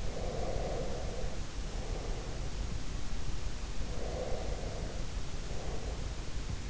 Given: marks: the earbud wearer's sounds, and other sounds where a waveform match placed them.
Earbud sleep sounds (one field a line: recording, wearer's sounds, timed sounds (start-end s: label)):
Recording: sounds in sleep by an in-ear microphone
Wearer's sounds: breath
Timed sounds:
0.00-2.99 s: breath
3.83-6.30 s: breath